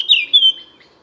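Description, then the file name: Eurasian blackcap: a short falling whistled note followed by a short, level whistled note, then quiet. "Sylvia atricapilla"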